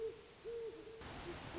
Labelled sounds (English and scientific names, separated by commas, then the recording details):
Great Horned Owl (Bubo virginianus)
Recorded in Sonoma County, California